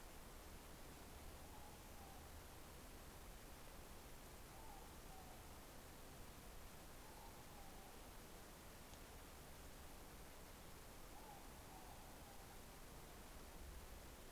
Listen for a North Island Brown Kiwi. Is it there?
no